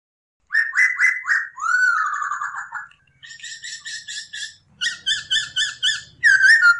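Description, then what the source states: Masked laughingthrush song: loud whistled slurred notes, then buzzy harmonic phrases repeated in quick runs, ending with bright whistles. Hong Kong poksay; training (masteran) recording for cage birds; 'gacor' (frequently singing) bird.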